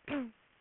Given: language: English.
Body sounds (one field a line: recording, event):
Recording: throat vibration sensor signal played as sound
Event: throat clearing